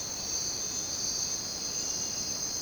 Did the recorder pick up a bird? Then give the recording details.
no. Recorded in dense forest near Puerto Asís, Putumayo, Colombia, on 22 June 2025 at 04:00. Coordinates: 0.484, -76.317. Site G045